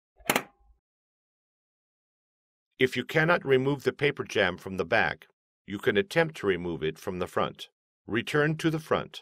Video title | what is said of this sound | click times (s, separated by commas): Freigeben des Patronenwagens -- HP Officejet Pro 8600 e-All-in-One Drucker | gently push the duplexer into the back of the printer until it snaps into place. | 0.3 s, 0.4 s